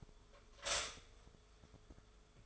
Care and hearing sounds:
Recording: daily activity, microphone in the room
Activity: stop toaster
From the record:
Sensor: 5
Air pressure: 1014.8 hPa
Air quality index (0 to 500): 206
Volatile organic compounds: 9 ppm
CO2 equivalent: 2190 ppm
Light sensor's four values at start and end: 14/33/13/12 and 14/33/13/12

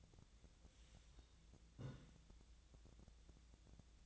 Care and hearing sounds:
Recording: daily activity, microphone in the room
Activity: take from stove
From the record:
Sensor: 3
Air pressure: 1009.9 hPa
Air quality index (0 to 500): 188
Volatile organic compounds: 14 ppm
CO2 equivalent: 2453 ppm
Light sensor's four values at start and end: 41/103/44/47 and 41/103/44/47

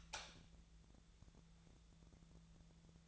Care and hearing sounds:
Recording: daily activity, microphone in the room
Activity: light on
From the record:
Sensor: 3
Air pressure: 999.9 hPa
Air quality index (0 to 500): 123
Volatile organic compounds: 2 ppm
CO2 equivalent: 1106 ppm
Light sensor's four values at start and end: 44/111/47/52 and 46/119/51/55

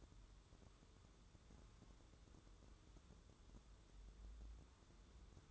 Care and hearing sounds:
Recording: daily activity, microphone in the room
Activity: wipe stove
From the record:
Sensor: 3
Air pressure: 1015.1 hPa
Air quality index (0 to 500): 90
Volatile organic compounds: 2 ppm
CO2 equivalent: 1228 ppm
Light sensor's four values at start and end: 15/39/16/17 and 15/39/16/17

